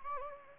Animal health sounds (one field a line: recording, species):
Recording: mosquito wingbeat signal from an infrared sensor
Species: Anopheles gambiae